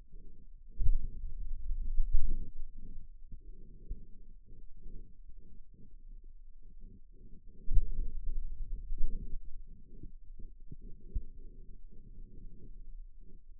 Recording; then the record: forearm muscle sounds (acoustic myography)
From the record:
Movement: finger pinch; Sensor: system 2, bracelet of six BSWA MPA416 microphones around the upper forearm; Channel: 4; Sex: male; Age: 22 years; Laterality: right